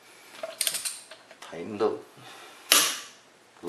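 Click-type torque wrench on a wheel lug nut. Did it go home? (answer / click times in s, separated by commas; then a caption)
yes / 2.7 s. A click-type torque wrench tightens a wheel lug nut in one smooth motion while someone talks. Several light mechanical ticks are heard early on, then the wrench gives a loud, sharp click at 2.7 s as it reaches the set torque.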